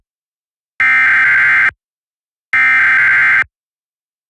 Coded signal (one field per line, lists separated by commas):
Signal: Emergency Alert System (SAME) tones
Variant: header bursts